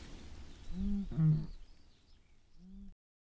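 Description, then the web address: Eurasian bittern making deep, hollow booming notes, two close together and a softer one after a pause, against low rumbling background noise. "agykontroll Madardalok Cd 3. Bölömbika"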